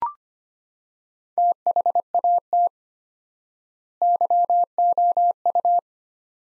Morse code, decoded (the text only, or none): THAT YOU